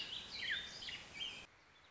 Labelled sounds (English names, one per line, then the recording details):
Warbling Vireo
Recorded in Sonoma County, California